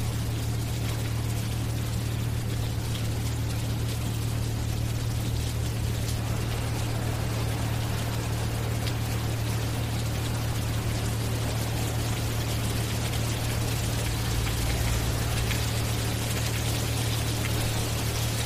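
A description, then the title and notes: Rain falls on pavement in a steady, dense patter with fine bright hiss spread evenly throughout. Beneath it runs a constant low hum, like an idling engine, holding one steady pitch. Nothing changes much over the whole stretch. Rain off of the pavement, gentle and shimmering in the streetlights. The humming of the machinery and bustle of steam and steel in the background, as the plant you're parked in front of , never sleeps. All Raw and mixed audio recorded on: Focusrite Scarlett CM25, Focusrite Scarlett 2i2 Audio interface.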